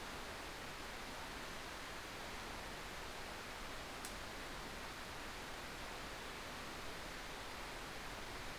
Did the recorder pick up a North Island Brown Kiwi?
no